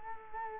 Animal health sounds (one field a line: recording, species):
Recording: mosquito wingbeat signal from an infrared sensor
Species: Culex quinquefasciatus